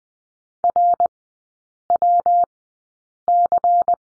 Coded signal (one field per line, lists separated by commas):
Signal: Morse code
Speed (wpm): 20 wpm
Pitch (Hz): 700 Hz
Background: none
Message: RWC